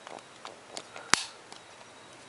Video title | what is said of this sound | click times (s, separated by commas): Otterbox Defender(Grey/Yellow) Unboxing and Review [iPhone 4/4S] | just click in place you | 1.1 s